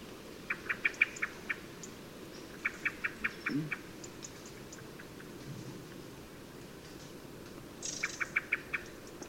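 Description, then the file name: Common blackbird giving bursts of rapid, clicking chuck notes in short rattling series, over a steady low rumble. "Turdus merula"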